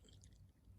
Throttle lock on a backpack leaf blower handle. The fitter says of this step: when you have this locking mechanism system look that's locked didn't ain't moving it's it's snapped in place that